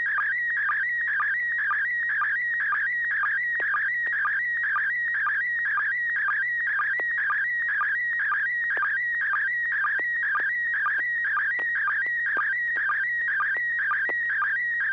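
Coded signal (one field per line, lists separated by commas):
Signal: SSTV (slow-scan television)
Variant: PD120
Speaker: AI6DG, and see you have a picture if you're ready to send over.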